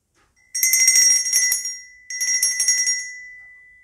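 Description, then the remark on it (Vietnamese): A bright, high-pitched handheld bell rings in two loud bursts, each a rapid shimmering run of strikes that fades out, with a short pause between them and no talking. “Ví dụ như bây giờ chúng ta cầm cái chuông này.”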